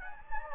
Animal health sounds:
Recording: mosquito wingbeat signal from an infrared sensor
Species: Anopheles gambiae

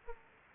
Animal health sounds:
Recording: mosquito wingbeat signal from an infrared sensor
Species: Anopheles arabiensis

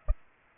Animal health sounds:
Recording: mosquito wingbeat signal from an infrared sensor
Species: Culex pipiens

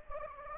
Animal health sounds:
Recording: mosquito wingbeat signal from an infrared sensor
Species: Anopheles gambiae

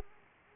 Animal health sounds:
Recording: mosquito wingbeat signal from an infrared sensor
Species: Aedes aegypti

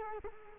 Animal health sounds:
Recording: mosquito wingbeat signal from an infrared sensor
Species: Culex quinquefasciatus

